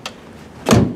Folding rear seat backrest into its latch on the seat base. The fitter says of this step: it up until it clicks and